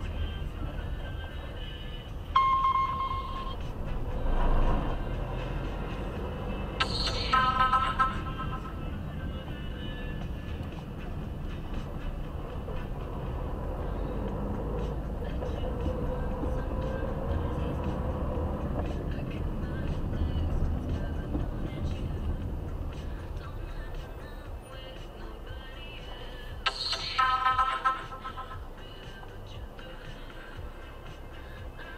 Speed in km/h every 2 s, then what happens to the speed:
12, 10, 11, 15, 16, 14, 13, 13, 15, 22, 24, 21, 10, 4, 4, 1.
3-7 speeds up to 16. 7-15 steady at about 13. 15-20 speeds up to 24. 20-29 slows to 1. 29-32 standing.